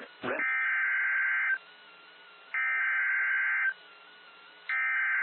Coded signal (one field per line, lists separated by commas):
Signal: Emergency Alert System (SAME) tones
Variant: header bursts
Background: speech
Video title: EAS#995-1004 1000th alert EAS Alerts from April 9th, 16th & 17th of 2024.